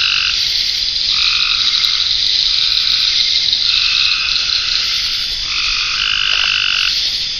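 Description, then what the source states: Frogs give buzzy croaks in repeated bursts, with a constant shrill insect drone behind. Frogs in ponds near a pond in a forest wildlife management area, with crickets and cicadas.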